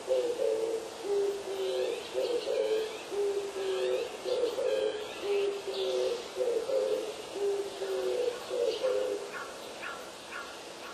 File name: turtledove